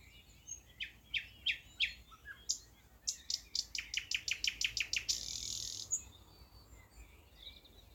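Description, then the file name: Thrush nightingale song: spaced notes speeding into a fast run of clicking pulses, ending in a harsh buzzy rattle. "thrush nightingale - luscinia luscinia"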